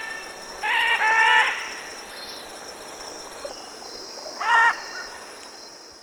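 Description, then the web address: Military macaw: a harsh, buzzy squawk lasting about a second, then a pause and a second shorter rasping call, over a faint steady hiss. Recorded in Ecuador. "Birds of Ecuador. Military Macaw"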